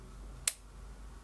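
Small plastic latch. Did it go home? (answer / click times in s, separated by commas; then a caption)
yes / 0.5 s. An Olympus M.Zuiko 9-18mm F4-5.6 collapsible ultra-wide zoom lens is unlocked and its mechanical zoom ring is twisted to extend the barrel into its locked shooting position, which must happen before the lens can be used, since the camera otherwise shows a black screen asking for the lens to be extended. A single short, sharp, bright click sounds at 0.5 s against a quiet background, confirming the barrel has seated in place.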